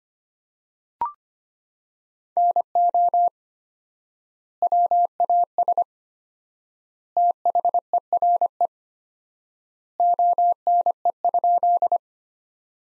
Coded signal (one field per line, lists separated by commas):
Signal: Morse code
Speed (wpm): 25 wpm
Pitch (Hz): 700 Hz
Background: none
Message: NO WAS THERE ONE?